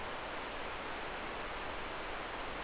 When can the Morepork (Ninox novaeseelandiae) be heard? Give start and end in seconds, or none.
none